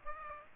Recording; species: mosquito wingbeat signal from an infrared sensor; Aedes aegypti